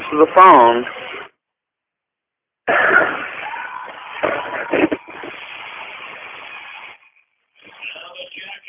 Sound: tv noise; coughing